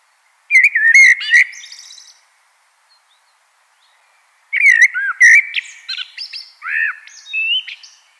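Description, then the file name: Common blackbird song: two mellow warbling phrases with sharp high squeaks and twitters layered on top, separated by a short pause. "Turdus merula"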